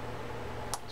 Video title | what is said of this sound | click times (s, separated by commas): Abu Garcia Black Max 3600c Ambassadeur fishing reel how to take apart and service step by step | something real here to click like you just heard there | 0.7 s